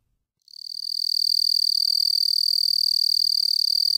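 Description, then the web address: Southeastern field cricket song: a steady, high, pulsing trill that starts abruptly after half a second of silence and continues unbroken, the pulses rapid and even. "The Songs of Insects. Southeastern Field Cricket"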